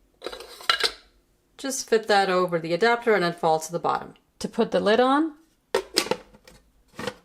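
Someone talks while handling parts of a KitchenAid 5 Cup Food Processor, preparing to place the plastic lid onto the bowl, with sharp plastic knocks at about 0.3, 0.7, 5.8, 6.0, 6.1 and 7.1 seconds. The lid has not clicked or locked yet by the end of the clip.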